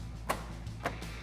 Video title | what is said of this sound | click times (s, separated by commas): Jeep Wrangler JL Rough Country 9-Inch LED Projector Headlights; Black Housing Review & Install | You should hear them clip in. | 0.3 s, 0.9 s